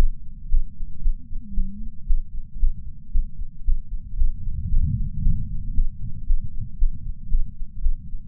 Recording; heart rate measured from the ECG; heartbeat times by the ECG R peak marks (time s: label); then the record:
heart sounds by patch sensor on the chest; 115 bpm
0.49 s: heartbeat
1.02 s: heartbeat
1.54 s: heartbeat
2.06 s: heartbeat
2.58 s: heartbeat
3.11 s: heartbeat
3.64 s: heartbeat
4.16 s: heartbeat
4.68 s: heartbeat
5.21 s: heartbeat
5.74 s: heartbeat
6.26 s: heartbeat
6.77 s: heartbeat
7.29 s: heartbeat
7.81 s: heartbeat
From the record:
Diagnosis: coronary artery disease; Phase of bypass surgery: postoperative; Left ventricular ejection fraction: 71.2%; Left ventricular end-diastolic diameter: 40 mm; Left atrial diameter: 32 mm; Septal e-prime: 7.5 cm/s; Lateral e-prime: 10.9 cm/s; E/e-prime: 8.9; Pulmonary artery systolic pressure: 32 mmHg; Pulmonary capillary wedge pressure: 12 mmHg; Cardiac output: 5.45 L/min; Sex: female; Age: 65 years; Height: 153 cm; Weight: 51.5 kg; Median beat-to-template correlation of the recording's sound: 0.91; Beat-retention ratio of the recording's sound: 0.96